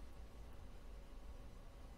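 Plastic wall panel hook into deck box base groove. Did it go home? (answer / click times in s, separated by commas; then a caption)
no / none. A molded plastic hook on the bottom of a wall panel of a Keter Java 230 gallon deck box, flipped over, is being handled toward the grooves of the deck box base. Only a steady, broadband hiss with low rumble is heard throughout the 2 seconds, with no sharp sounds. Nothing has snapped or seated yet.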